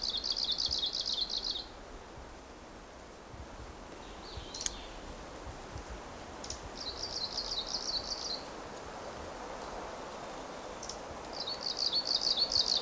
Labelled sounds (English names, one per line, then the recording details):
Arctic Warbler song
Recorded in the wild
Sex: male
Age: adult
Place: Paratunka, Kamtschatka, RU
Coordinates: 53.5667, 158.417
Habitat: birch grove
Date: 1999-06-13 15:15
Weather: cloudy, ca. 20°C, moderate winds
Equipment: Sony WM-D6C, Sennheiser ME 80, K 30 AV Schalter III (1 kHz Hochpass), Kopie Sony TCD-D8
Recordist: Frommolt, Karl-Heinz